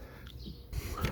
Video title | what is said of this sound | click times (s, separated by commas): Wiper Blades Install - Ford Focus ST Episode 9 | once in it makes a reassuring click sound that's on there | 0.3 s